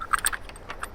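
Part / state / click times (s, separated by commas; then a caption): adapter locked into a surveying tribrach on a tripod / not seated / none. A GNSS base adapter is being inserted into a surveying tribrach (leveling base) on a tripod, and the locking lever is being handled to lock it. Short, light metallic clicks and rattles come around 0.2–0.3 s and again near 0.8 s, over a low background hum. Nothing has seated or clicked home yet.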